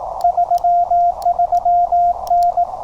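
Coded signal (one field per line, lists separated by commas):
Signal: Morse code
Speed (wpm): 18 wpm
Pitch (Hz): 700 Hz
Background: radio noise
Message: 33N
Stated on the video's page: QRP CW Parks on the Air activation with a Penntek TR-35, under poor propagation; the keyer acted up, changing speed while sending.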